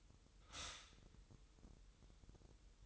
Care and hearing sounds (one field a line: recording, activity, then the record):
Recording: daily activity, microphone in the room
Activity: stop toaster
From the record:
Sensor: 3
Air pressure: 988.6 hPa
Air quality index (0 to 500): 194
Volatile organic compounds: 296 ppm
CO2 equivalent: 4472 ppm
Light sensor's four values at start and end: 23/72/30/26 and 23/72/30/26